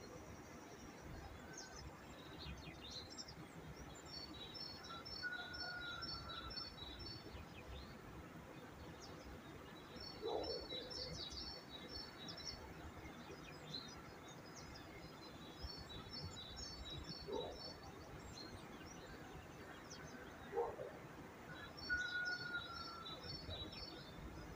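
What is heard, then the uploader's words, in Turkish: Birdsong outdoors, with a repeated high, rapid trilling phrase that returns every few seconds and a few lower whistled calls. A steady low rumble of wind or other noise fills the background, and brief thumps or knocks occur around 10, 17 and 21 seconds. Doğa Sesleri. Kuş Sesleri.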